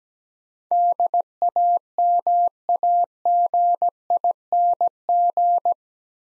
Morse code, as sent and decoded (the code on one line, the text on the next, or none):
-.. .- -- .- --. .. -. --.
DAMAGING